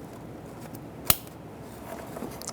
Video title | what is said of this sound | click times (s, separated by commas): How to Replace Bank 1 Sensor 2 Downstream O2 Oxygen Sensor 2000-2007 Ford Taurus 3.0L V6 | push it till you hear a click, and | 1.1 s